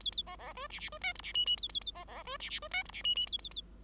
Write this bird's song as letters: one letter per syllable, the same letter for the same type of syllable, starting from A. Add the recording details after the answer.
A A B B C D D C E F D G G A A A B B C D D C E F D G G A A A. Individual Bird5